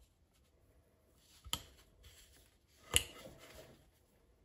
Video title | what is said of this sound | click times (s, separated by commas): Suzuki PV projekti osa 4: Etuiskarin kasaus | napsahti sinne uraan kivasti. | 3.0 s